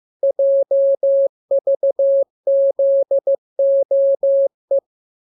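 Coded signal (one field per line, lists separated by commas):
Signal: Morse code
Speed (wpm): 15 wpm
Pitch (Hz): 550 Hz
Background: none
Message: JVZOE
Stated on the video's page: Morse lesson 34 of 42: radiogram practice opening with VVV and section sign, closing with AR, covering letters, numbers, punctuation and Q-codes.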